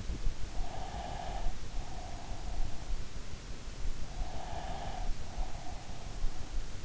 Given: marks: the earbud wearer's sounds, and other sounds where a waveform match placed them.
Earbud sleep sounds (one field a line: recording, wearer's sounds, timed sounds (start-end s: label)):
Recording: sounds in sleep by an in-ear microphone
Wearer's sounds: breath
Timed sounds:
0.79-2.98 s: breath
4.33-6.27 s: breath